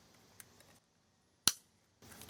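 On a 2003–2005 Dodge Ram, the headlight wiring harness plug is pushed onto the truck's front control module while its cam-action locking bail lever is pressed down. After a few faint ticks and handling noise, a single sharp, loud snap at 1.5 s marks the connector locking home, followed by quiet and more low rustling. The connector is fully seated.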